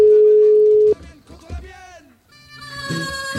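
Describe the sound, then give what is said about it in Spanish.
A steady, single-pitched telephone dial tone hums loudly for about a second during an attempt to call back a man who was at a demonstration in Madrid, then cuts off abruptly, giving way to muffled line noise and a tonal, voice-like recorded message on the phone line. “Estamos intentando llamar otra vez al compañero que estuvo ayer en la movilización de Madrid.”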